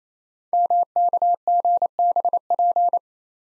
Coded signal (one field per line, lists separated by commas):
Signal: Morse code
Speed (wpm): 29 wpm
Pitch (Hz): 700 Hz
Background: none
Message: MKGBP